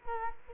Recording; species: mosquito wingbeat signal from an infrared sensor; Culex quinquefasciatus